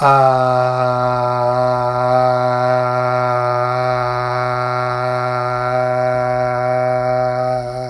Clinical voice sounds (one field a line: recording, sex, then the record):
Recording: sustained vowel /a/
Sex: male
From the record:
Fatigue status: fatigue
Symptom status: symptomatic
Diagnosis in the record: COVID-19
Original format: m4a